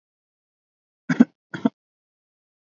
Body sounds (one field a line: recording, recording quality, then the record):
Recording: heavy voluntary cough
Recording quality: poor, much background noise or distortion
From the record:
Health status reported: recovered from COVID-19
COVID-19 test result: negative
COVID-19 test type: RT-PCR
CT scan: not taken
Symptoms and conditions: cough, cold, sore throat, fever, fatigue, muscle pain, loss of smell and taste, diarrhoea, asthma, diabetes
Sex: female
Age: 32 years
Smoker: no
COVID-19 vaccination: both doses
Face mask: worn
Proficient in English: yes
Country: India